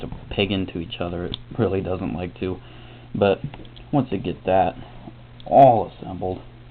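Plastic parts of a Hasbro Transformers Prime Soundwave transformable action figure (Deluxe and Legion) are pushed to peg into each other while someone talks throughout. The parts resist going together, and nothing has seated or clicked yet by the end of the clip.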